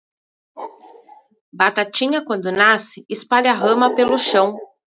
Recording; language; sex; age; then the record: short text; Brazilian Portuguese; female; 40 to 49 years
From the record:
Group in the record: control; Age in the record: 41 years